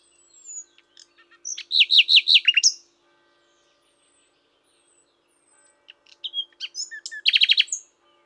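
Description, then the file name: Common nightingale song: a thin whistle and scattered ticks lead into a loud series of repeated downslurred notes, then after silence another rapid repeated phrase. "Luscinia megarhynchos"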